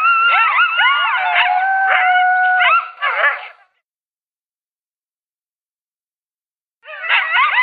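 Coyote group calling with several sliding, quavering howls laid over rapid yips, then a pause of silence before another burst of excited yipping begins.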